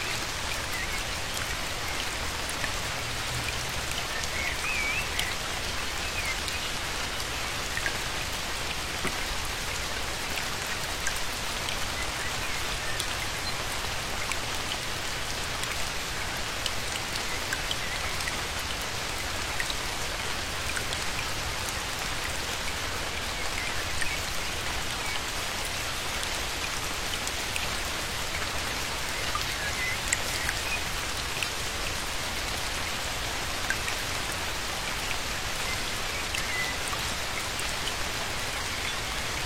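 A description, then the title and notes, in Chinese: Light rain falls steadily in a tall forest, a dense, even patter of drops that never lets up across the whole clip. The sound is bright, with a soft low rumble underneath and no distinct events standing out. 在高耸入云的森林里躲雨 淅沥沥的小雨滴落在耳边 白噪音。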